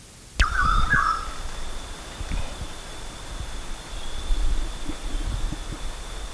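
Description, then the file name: Bird call: one harsh, abrupt note near the start, followed by rustling and low thumping noises. "SABIOD 50 bird 2015"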